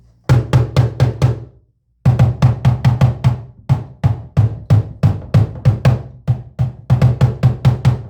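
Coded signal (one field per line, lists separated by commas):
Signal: talking drum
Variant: Akan atumpan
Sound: fast series of deep resonant drum strokes in uneven groups, one short pause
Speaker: sometimes you beat it to call warriors. So when you beat it like that, it has a lot of meanings. It means that you're calling people around to come because there's something going on in the community.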